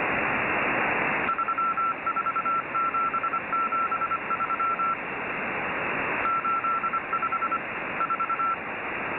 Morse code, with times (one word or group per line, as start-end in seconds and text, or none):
1.3-4.9 34773
6.3-7.6 85
8.0-8.5 4